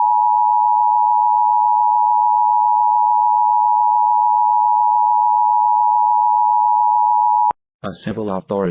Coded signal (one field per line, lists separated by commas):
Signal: Emergency Alert System (SAME) tones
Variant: 853 and 960 Hz attention tone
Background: speech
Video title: April Tests Overnight Madness (EAS #17303-17365) 4/3/24